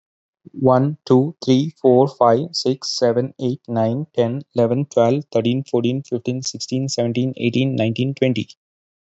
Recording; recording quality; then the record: counting at a fast pace; excellent, no background noise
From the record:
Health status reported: healthy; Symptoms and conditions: diabetes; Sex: male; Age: 40 years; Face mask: not worn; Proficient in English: yes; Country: India